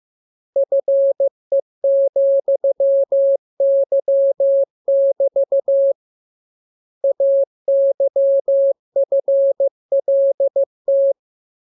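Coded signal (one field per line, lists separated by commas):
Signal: Morse code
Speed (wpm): 15 wpm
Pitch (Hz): 550 Hz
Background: none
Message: FE,Y<BT> AYFLT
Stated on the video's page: Morse lesson drill of letters, numbers, punctuation and Q-codes for amateur radio; each radiogram begins with VVV and a section sign and ends with AR.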